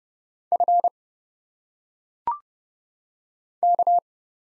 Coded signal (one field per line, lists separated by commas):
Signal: Morse code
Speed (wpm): 30 wpm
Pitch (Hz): 700 Hz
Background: none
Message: F K